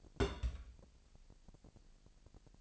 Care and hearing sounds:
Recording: daily activity, microphone in the room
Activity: place on stove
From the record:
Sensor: 5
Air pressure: 1002.1 hPa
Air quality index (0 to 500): 249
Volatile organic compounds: 9 ppm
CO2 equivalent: 2142 ppm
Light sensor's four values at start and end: 24/51/22/25 and 23/50/22/24

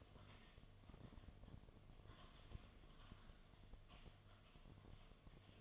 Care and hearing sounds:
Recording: daily activity, microphone in the room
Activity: typing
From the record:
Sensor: 4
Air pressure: 1005.2 hPa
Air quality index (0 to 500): 182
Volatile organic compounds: 5 ppm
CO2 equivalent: 1791 ppm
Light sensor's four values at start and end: 6/12/5/4 and 6/12/5/4

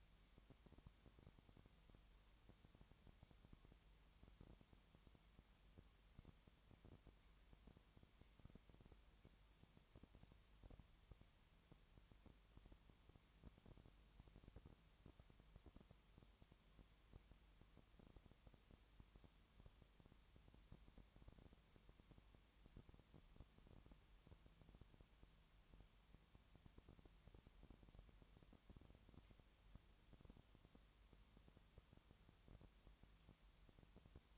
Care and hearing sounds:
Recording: daily activity, microphone in the room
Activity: no activity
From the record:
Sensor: 3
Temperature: 20.6 degrees Celsius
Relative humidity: 34.7%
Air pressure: 1007.2 hPa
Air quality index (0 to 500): 137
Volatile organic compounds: 3 ppm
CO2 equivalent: 1525 ppm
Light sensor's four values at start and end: 2/3/2/2 and 2/3/2/2

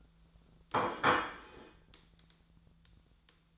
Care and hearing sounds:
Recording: daily activity, microphone in the room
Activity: place plate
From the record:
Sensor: 3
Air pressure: 1009.4 hPa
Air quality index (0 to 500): 197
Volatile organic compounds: 16 ppm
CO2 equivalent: 2561 ppm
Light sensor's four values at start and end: 35/87/37/40 and 35/88/37/40

